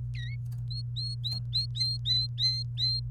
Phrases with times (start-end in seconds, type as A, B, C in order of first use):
0.15-0.35 A, 0.70-3.00 B